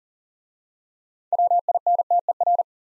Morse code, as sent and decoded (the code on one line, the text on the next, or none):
.-- .. -. - . .-.
WINTER